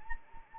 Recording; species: mosquito wingbeat signal from an infrared sensor; Anopheles arabiensis